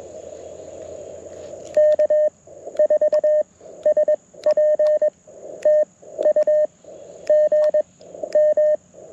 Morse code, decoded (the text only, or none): K4SP TU GM